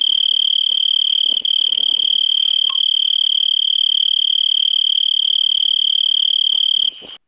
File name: Oecanthus pictus – Recorded at 19 03 2011-20 degree Celsius